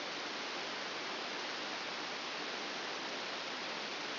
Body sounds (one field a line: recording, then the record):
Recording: brain microelectrode recording played as sound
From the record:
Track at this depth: inside the subthalamic nucleus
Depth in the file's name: 5.263 mm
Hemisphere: left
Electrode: 2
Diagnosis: Parkinson's disease